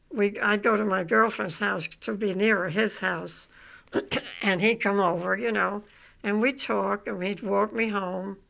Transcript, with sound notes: I, I'd go to my girlfriend's house to be nearer his house. (She clears her throat.) And he'd come over, you know. And we'd talk and he'd walk me home,